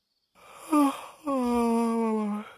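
human body sound, yawn

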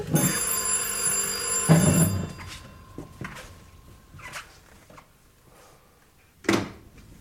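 signal or alarm, telephone bell ringing

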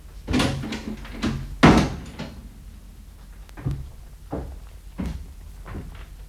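household object, door being closed

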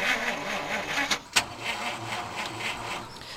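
vehicle, car engine starting

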